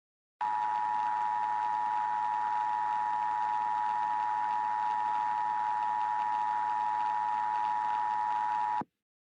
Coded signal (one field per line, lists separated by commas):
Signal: Emergency Alert System (SAME) tones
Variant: 853 and 960 Hz attention tone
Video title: EAS Scenario - Foxes of the Underworld